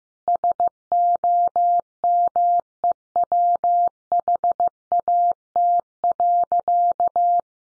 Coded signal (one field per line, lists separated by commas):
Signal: Morse code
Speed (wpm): 15 wpm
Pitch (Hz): 700 Hz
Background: none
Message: SOMEWHAT.